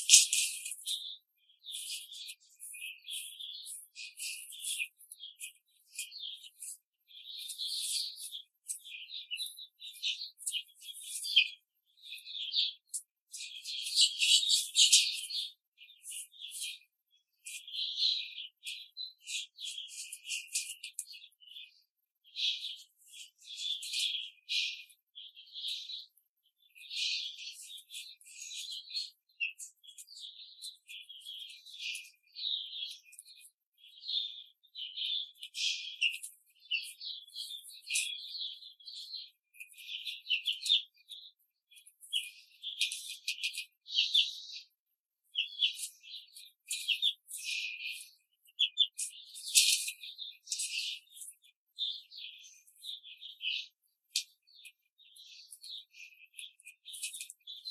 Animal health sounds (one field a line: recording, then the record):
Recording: young laying hens in a cage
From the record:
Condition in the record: control cage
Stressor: none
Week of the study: 5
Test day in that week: 1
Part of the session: 2